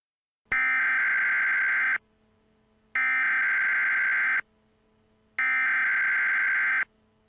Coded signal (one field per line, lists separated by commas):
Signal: Emergency Alert System (SAME) tones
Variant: header bursts